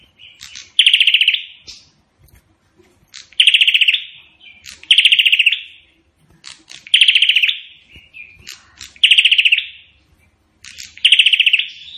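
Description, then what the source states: Prinia giving loud staccato rattles about every two seconds, each a quick burst of identical clicky notes, with faint chips between bursts. Singing vigorously (gacor); song described as sounding like AK-47 gunfire.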